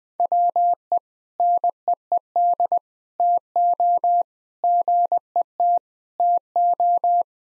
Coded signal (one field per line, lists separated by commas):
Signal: Morse code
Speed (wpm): 20 wpm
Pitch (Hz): 700 Hz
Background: none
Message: WE NEED TO GET TO